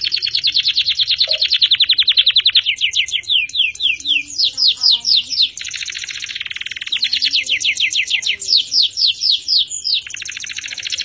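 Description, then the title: Canary song of fast high trilled runs, rising and falling sweeps and buzzy rolls, phrases following each other without pause. Champion canary. "Kicau Burung Kenari Juara"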